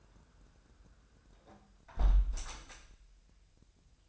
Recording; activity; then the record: daily activity, microphone in the room; close window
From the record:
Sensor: 2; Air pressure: 999.8 hPa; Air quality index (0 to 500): 230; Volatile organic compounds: 62 ppm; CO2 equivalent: 3434 ppm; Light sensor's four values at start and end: 8/20/8/8 and 8/19/8/8